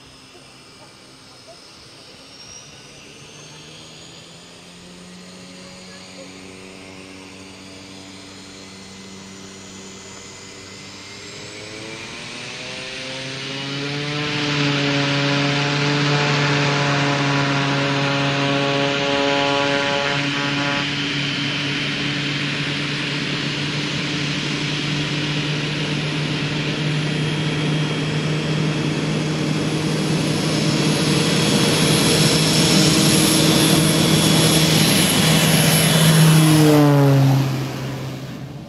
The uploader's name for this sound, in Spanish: Salida de una avioneta desde la pista de Wachirpas